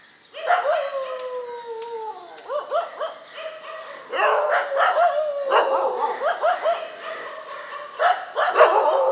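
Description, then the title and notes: Dogs howling with drawn-out falling notes, then a run of rapid overlapping barks from several animals. Several dogs, morning street ambience on Mission Street, MG Road Area, Puducherry, India. "WRMJ+487, Mission St, MG Road Area, Puducherry, 605001, Inde - Concert de chiens. Ambiance matinale sur Mission Street - Concert de chiens."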